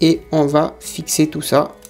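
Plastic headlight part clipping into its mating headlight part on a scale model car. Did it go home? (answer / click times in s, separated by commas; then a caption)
no / none. Two small plastic headlight parts of a 1/8 scale Bugatti Veyron 16.4 Super Sport model car are being pushed together on their locating pins while someone talks. Nothing has seated or clicked yet; the clip ends just before the part goes home.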